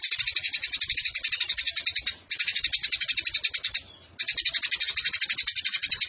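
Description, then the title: Eurasian tree sparrow giving fast, harsh chirps strung into continuous rattling bursts, with two brief breaks between runs. Fighting-style sparrow song with long 'nembak' bursts and a clear voice, used as a master recording for training competition birds. "GEREJA TARUNG NEMBAK PANJANG SUARA JERNIH MASTERAN WAJIB BURUNG LOMBA"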